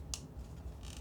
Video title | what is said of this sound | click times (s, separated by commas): From Scratch to Masterpiece - Step-by-Step PC Build [NZXT H3 Flow] | I heard it click in. | 0.1 s